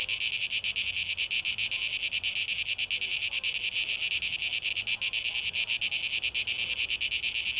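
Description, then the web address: Cicada buzz, loud and high, its pulses blurred into a near-continuous rasp with slight rhythmic flutter. Recorded 12 August 2023; tape echo mix. "rauschpartikel Audio 2023-08-12 Zikaden (Tape Echo Mix)"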